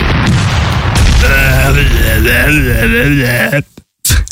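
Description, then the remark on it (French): Fireworks go off indoors in a loud, continuous barrage of crackling booms, with a wavering whistle-like tone running through the middle, before the noise cuts out abruptly and bursts back briefly. “Non, pas à l'intérieur, pas à l'intérieur. Ce sont les feux d'artifice.”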